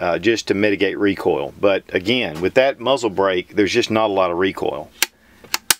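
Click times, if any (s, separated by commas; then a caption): 5.7 s. On a Springfield Armory M1A SOCOM 16 .308 rifle, the hinged metal trap door over the cleaning-kit holes in the buttplate is closed into the buttstock. Someone talks for about five seconds, then after a quiet moment comes a small tick at 5.5 s and a sharp metallic snap at 5.7 s. The trap door snaps back into place.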